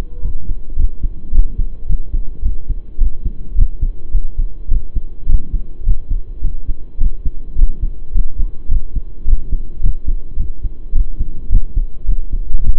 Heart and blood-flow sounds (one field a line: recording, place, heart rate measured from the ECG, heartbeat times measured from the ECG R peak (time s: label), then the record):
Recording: heart sounds by stethoscope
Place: between the tricuspid and mitral areas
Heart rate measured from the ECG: 106 bpm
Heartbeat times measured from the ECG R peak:
0.23 s: heartbeat
0.77 s: heartbeat
1.33 s: heartbeat
1.88 s: heartbeat
2.43 s: heartbeat
2.99 s: heartbeat
3.56 s: heartbeat
4.13 s: heartbeat
4.70 s: heartbeat
5.28 s: heartbeat
5.85 s: heartbeat
6.42 s: heartbeat
6.99 s: heartbeat
7.57 s: heartbeat
8.13 s: heartbeat
8.69 s: heartbeat
9.26 s: heartbeat
9.82 s: heartbeat
10.38 s: heartbeat
10.94 s: heartbeat
11.51 s: heartbeat
12.07 s: heartbeat
12.63 s: heartbeat
From the record:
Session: pedaling a stationary bicycle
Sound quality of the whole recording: saturated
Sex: male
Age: 23 years